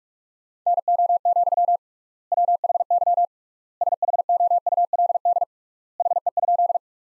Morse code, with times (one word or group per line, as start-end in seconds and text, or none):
0.7-1.8 NO,
2.3-3.2 WHY
3.8-5.4 SHOULD
6.0-6.8 HE?